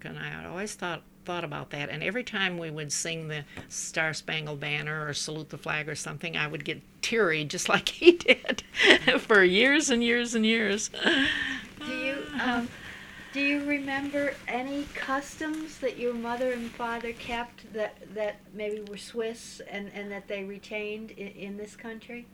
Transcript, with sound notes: I always thought about that, and every time we would sing The Star Spangled Banner or Salute the Flag or something, I would get teary, just like he did, ( she laughs ) for years and years and years.
Do you remember any customs that your mother and father kept that maybe were Swiss, and that they retained in this country?